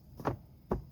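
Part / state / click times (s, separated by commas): interlocking plastic deck tile into adjoining tile / not seated / none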